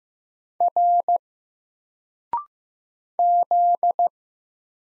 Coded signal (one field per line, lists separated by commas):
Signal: Morse code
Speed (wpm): 15 wpm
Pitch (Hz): 700 Hz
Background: none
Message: R Z